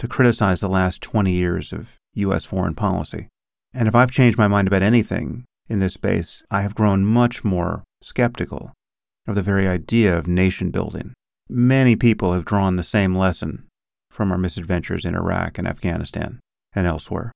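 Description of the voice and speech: Clear, fluent adult male speech in a calm, low-pitched monologue with steady pacing and natural pauses.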